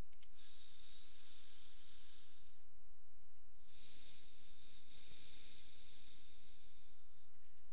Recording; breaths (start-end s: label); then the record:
nose breathing near a microphone
0.10-3.25 s: inhalation
3.25-7.45 s: exhalation
From the record:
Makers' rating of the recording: medium